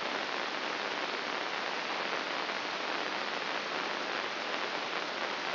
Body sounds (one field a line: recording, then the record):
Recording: brain microelectrode recording played as sound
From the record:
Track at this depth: inside the subthalamic nucleus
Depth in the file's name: 4.585 mm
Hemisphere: left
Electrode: 2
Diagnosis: Parkinson's disease